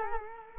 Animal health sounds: mosquito wingbeat signal from an infrared sensor; Culex quinquefasciatus

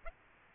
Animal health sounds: mosquito wingbeat signal from an infrared sensor; Aedes aegypti

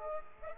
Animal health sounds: mosquito wingbeat signal from an infrared sensor; Aedes aegypti

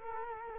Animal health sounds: mosquito wingbeat signal from an infrared sensor; Culex quinquefasciatus

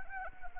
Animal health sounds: mosquito wingbeat signal from an infrared sensor; Anopheles arabiensis

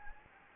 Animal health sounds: mosquito wingbeat signal from an infrared sensor; Anopheles gambiae

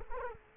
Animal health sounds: mosquito wingbeat signal from an infrared sensor; Culex quinquefasciatus

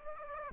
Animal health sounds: mosquito wingbeat signal from an infrared sensor; Aedes aegypti

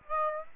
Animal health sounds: mosquito wingbeat signal from an infrared sensor; Aedes aegypti

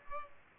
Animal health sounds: mosquito wingbeat signal from an infrared sensor; Culex pipiens

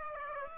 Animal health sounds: mosquito wingbeat signal from an infrared sensor; Aedes aegypti

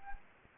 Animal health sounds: mosquito wingbeat signal from an infrared sensor; Anopheles gambiae

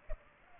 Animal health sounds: mosquito wingbeat signal from an infrared sensor; Culex pipiens

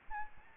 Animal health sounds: mosquito wingbeat signal from an infrared sensor; Aedes albopictus

